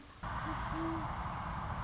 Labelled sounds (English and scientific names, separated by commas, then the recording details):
Great Horned Owl (Bubo virginianus)
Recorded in Sonoma County, California